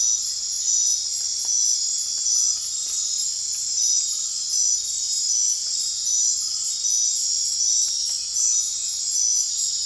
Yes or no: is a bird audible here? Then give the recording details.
no. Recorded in dense forest near Puerto Asís, Putumayo, Colombia, on 24 March 2025 at 20:30. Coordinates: 0.503, -76.323. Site GP09